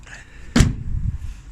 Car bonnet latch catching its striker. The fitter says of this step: we go locks in place nice and flush